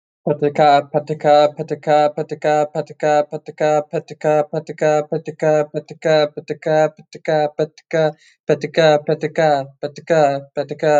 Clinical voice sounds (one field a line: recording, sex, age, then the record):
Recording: repeated syllables /pa ta ka/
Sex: male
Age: 20 to 29 years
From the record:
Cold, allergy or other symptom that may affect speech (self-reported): no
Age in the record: 23 years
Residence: Florida, United States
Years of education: 16